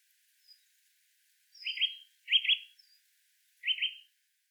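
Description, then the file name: Eurasian nuthatch with three sharp doubled chips and a few faint high thin notes. "Sitta europaea"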